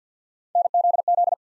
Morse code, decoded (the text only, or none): NZZ